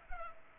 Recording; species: mosquito wingbeat signal from an infrared sensor; Culex pipiens